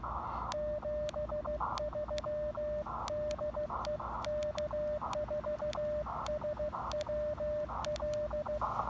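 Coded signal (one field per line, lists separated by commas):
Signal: Morse code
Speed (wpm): 15 wpm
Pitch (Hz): 600 Hz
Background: radio noise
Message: 73 DE K4SWL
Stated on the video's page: QRP Parks on the Air activation of Blue Ridge Parkway, live and unedited, with an Elecraft KX2 on internal battery, internal ATU and AX1 antenna.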